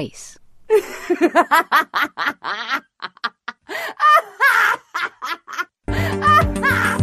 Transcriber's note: laughter